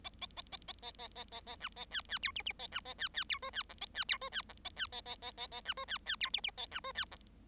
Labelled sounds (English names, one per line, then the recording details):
Bengalese Finch song
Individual Bird7